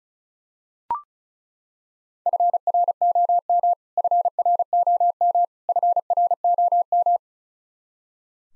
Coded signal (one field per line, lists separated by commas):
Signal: Morse code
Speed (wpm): 36 wpm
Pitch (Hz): 700 Hz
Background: none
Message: FROM FROM FROM